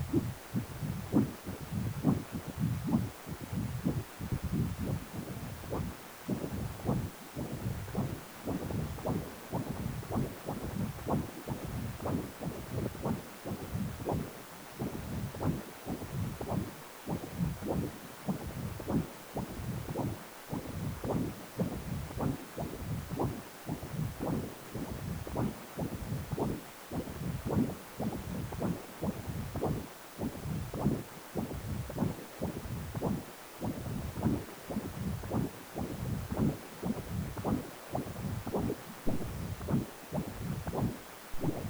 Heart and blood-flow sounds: Doppler ultrasound of blood flow; precordium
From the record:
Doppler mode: continuous wave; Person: healthy adult, 18 to 50 years, no heart murmur, not diving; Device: 2.5 MHz transducer

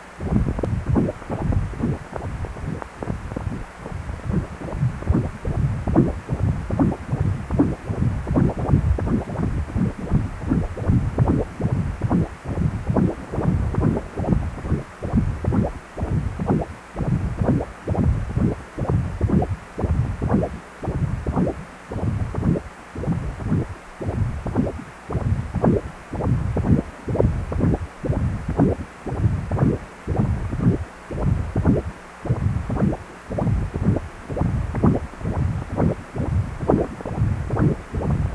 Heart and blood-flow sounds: Doppler ultrasound of blood flow; precordium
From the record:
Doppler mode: continuous wave and pulsed wave in the uncut recording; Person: healthy adult, 18 to 50 years, no heart murmur, not diving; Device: 2.5 MHz transducer

